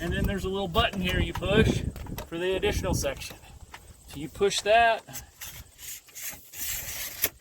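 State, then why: Seated. Someone talks while pressing a small button on the extension section of a metal telescoping awning arm on a Little Guy Max awning and sliding the section out with faint rubbing sounds. The section snaps into its locked position with a sharp click at 7.2 s.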